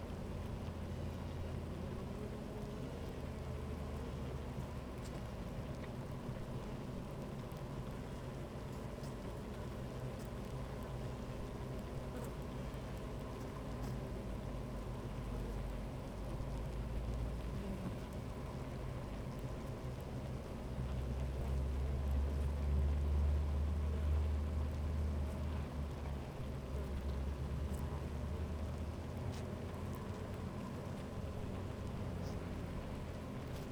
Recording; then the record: honeybee colony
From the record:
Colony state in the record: active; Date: 28 July 2017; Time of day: 12:26